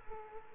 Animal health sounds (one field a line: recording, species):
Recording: mosquito wingbeat signal from an infrared sensor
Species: Culex quinquefasciatus